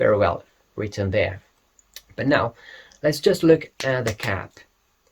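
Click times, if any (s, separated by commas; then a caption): none. Someone talks while handling the plastic cap of a Lattafa Qaa'Ed perfume bottle, about to fit it onto the bottle for the first time. Only speech with a few faint ticks is heard. Nothing has seated or clicked yet.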